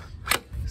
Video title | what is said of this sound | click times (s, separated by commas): Ryobi 40V Electric Bike Overview | it just slides on there and then of course it locks in place so you have to press the release to be able to pull | 0.3 s